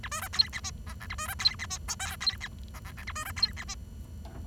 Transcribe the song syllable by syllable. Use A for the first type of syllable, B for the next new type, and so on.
A B C D E F G H A B C D E F I J D E G G H A B C D E F